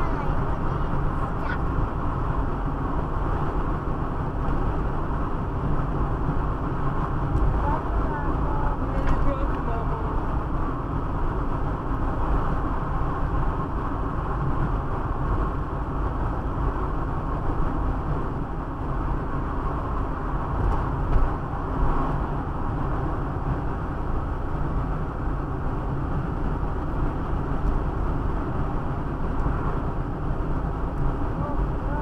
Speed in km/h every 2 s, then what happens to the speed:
83, 82, 82, 80, 80, 79, 79, 78, 78, 77, 77, 77, 76, 75, 75, 74.
0-32 slows to 74.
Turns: none.